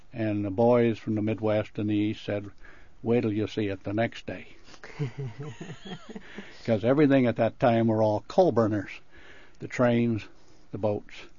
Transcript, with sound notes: And the boys from the Midwest and the East said, "Wait 'til you see it the next day." [Laughs] Because everything at that time were all coal-burners: the trains, the boats.